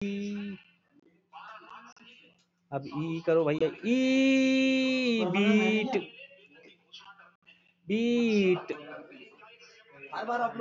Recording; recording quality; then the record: sustained vowel as in beet; poor, much background noise or distortion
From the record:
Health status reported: healthy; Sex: male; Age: 31 years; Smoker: no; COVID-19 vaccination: both doses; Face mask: worn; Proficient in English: yes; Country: India